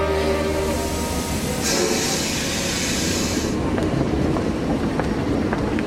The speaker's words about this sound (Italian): Informiamo i signori viaggiatori che il treno ripartirà tra poco. Il treno va.